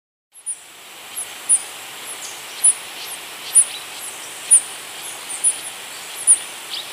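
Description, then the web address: Yellow-green bush tanager calling with high, piercing, clipped notes in a steady series, backed by constant hiss and some softer downslurred chirps. Recorded in Ecuador. "Birds of Ecuador. Yellow-green Bush-Tanager"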